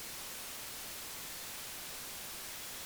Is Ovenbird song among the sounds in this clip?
no